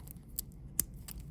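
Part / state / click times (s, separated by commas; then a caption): watch bracelet double-fold clasp closing onto its ceramic snap pins / seated / 0.8 s. A stainless steel double-fold deployant clasp on the bracelet of an Omega Seamaster Aqua Terra Saffron 220.10.38.20.12.001 watch is folded closed onto its ceramic pin snaps, which are meant to stay tight and snappy because the ceramic can't be worn down by the metal. Several small metallic ticks are heard, with the sharpest click at 0.8 s, when the clasp snaps shut and locks in place.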